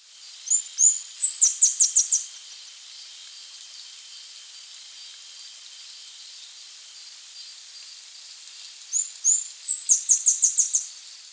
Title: LuckyPassaro Completos2Sama. Saffron-billed Sparrow (Arremon flavirostris)